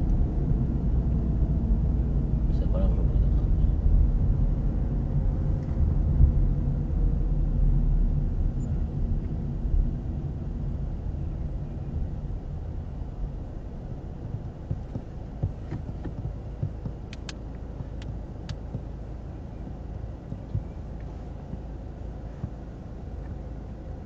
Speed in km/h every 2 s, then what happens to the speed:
29, 26, 23, 19, 12, 13, 2, 0, 0, 0, 0, 26.
0-12 slows to 2. 12-21 standing. 21-24 pulls away to 26.